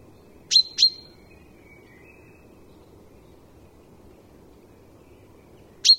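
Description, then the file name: Common chaffinch calls: two sharp, high chipping notes close together at the start, then a long quiet gap before a third matching note near the end. "Fringilla coelebs"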